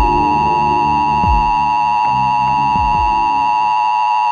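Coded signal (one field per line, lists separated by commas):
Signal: Emergency Alert System (SAME) tones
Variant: 853 and 960 Hz attention tone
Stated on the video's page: Fictional SAME alert from an unfinished scenario, with sirens.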